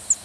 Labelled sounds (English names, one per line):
Northern Parula flight call